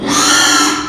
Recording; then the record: squeal of a Yucatan mini pig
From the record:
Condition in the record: after surgery on the right vocal fold (resection and tissue-engineered implant); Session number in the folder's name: 3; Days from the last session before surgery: 33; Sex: male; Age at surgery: 12 weeks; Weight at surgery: 13 kg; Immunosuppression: cyclosporine, prednisolone